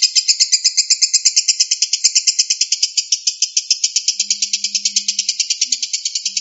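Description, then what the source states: Lovebird delivering a harsh, rapid stream of high-pitched pulsed notes, continuous throughout, with a faint low hum in the background. Song style called konslet.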